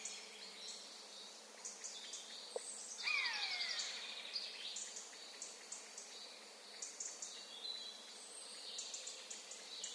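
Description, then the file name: Eurasian jay calling once with a loud mew that drops in pitch, set against busy high chirping and ticking from small birds throughout. "Garrulus glandarius"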